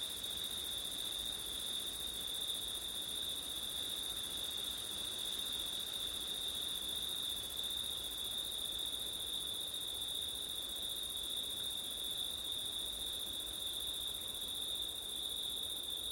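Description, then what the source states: Long steady cricket chorus on a single high note, a faint higher shimmer, and constant soft wind noise underneath. Crickets on a September night with wind; ortif recording.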